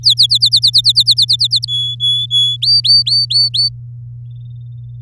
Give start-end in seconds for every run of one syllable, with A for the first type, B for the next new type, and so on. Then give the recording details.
0.03-1.66 A, 1.68-2.56 B, 2.62-3.69 C. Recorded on 9 May 2018 at 11:20. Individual llb16